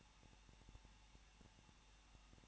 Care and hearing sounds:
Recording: daily activity, microphone in the room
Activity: no activity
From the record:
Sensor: 1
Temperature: 20.1 degrees Celsius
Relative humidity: 39.1%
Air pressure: 1006.3 hPa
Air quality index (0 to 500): 217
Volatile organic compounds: 76 ppm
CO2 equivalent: 3573 ppm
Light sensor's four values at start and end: 1/2/1/1 and 1/2/1/1

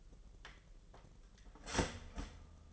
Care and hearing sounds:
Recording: daily activity, microphone in the room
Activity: start toaster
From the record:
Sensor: 4

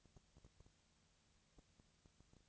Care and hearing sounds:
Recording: daily activity, microphone in the room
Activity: no activity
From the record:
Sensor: 3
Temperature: 20.6 degrees Celsius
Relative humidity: 35.7%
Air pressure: 998.8 hPa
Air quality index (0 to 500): 235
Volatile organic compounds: 71 ppm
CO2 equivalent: 3524 ppm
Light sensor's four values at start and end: 2/3/2/2 and 2/3/2/2

